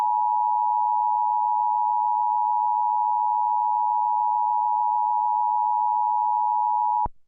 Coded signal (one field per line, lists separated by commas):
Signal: Emergency Alert System (SAME) tones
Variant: 853 and 960 Hz attention tone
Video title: Tornado warning EAS!